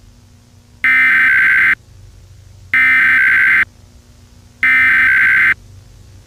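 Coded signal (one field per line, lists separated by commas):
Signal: Emergency Alert System (SAME) tones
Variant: header bursts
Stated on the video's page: Fictional EAS scenario, not a real alert.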